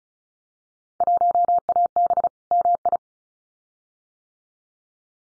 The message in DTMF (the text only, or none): none